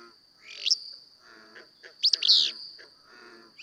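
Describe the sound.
Willow flycatcher giving a short buzzy note, then a full burry, sneezing song phrase, with a steady high insect tone and faint bird chatter behind.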